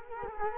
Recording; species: mosquito wingbeat signal from an infrared sensor; Culex quinquefasciatus